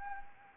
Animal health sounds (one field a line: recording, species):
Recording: mosquito wingbeat signal from an infrared sensor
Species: Anopheles gambiae